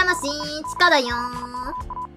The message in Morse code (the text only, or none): DE CHIKA